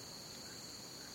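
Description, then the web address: Crickets in a brief, constant high-pitched trill, even and unbroken. Crickets in a jungle. "the-sound-pack-tree -jungle crickets"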